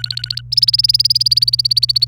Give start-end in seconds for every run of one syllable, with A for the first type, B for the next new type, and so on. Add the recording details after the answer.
0.00-0.41 A, 0.52-2.05 B. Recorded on 28 April 2018 at 08:14. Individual llb3